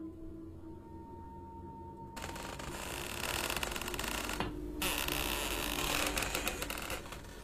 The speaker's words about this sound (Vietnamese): Lão mới rón rén đến bên cửa sổ, đưa tay khẽ đẩy đẩy cái then cửa. Tiếng cánh cửa gỗ rít lên kèn kẹt giữa đêm làm cho lão rùng mình.